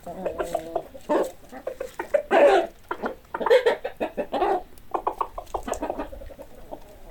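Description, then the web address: Chickens clucking in irregular bursts of short, throaty notes, some louder squawk-like clucks standing out, with a few softer calls overlapping. "hobokenchicken kira. chickens"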